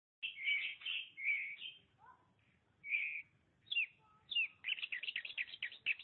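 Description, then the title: Oriental magpie-robin song: whistled and warbled phrases separated by short pauses, ending in a fast run of sharp notes. Kacer song. "Suara Kicauan Burung Kacer"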